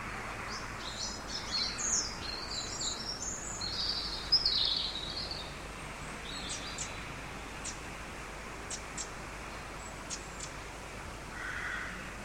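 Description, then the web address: Birds twittering in high, rapid phrases for several seconds, then fading to sparse, thin ticking notes over steady hiss. Birds singing in an empty street of a big city. "canto de pajaros en una calle vacia de una gran ciudad"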